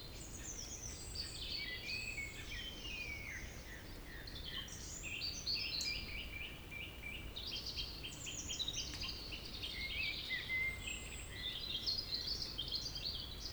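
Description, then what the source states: Birds: dense bird chorus of many overlapping high chirps, twittering phrases and trills, continuous throughout, over low background noise. Evening village birds in Tregastel bourg, Pleumeur-Bodou, France; around 8 pm, humid weather, April 2019; recorded with MKH 8040 ORTF pair, Rycote, Zoom H5.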